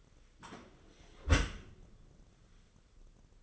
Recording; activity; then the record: daily activity, microphone in the room; close dishwasher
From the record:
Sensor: 4